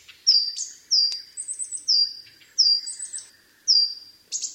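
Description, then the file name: Coal tit repeating high, slurred descending notes, interspersed with short bursts of thin, higher chips. "higara"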